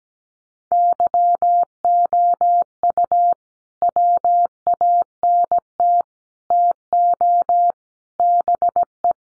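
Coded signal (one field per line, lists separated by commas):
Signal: Morse code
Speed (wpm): 17 wpm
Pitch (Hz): 700 Hz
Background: none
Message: YOU WANT TO BE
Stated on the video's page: Head-copy drill of common five-word groups at 17 wpm, each sent in Morse, spoken, then sent again.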